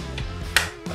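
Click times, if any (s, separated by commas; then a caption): 0.6 s. A Turtle Wax TW110 compact pressure washer lance (nozzle) is pushed and twisted into the spray gun, with a soft knock at 0.2 s over a low steady hum. A sharp, loud click at 0.6 s shows the lance has seated in the gun, and a quieter rustle follows at 0.9 s.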